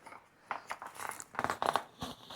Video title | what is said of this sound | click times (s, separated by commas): RV Travel With Dogs - Must Have Accessories to Keep Your Pets Safe While RVing | pop into place like that | 0.5 s, 1.8 s